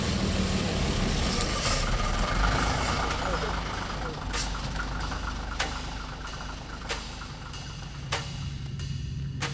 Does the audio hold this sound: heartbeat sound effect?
no